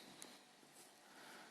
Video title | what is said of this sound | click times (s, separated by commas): Samsung S3 I9305 lcd vs Samsung S3 I9300 lcd | You actually heard a click of it starting to sit into place. | 0.2 s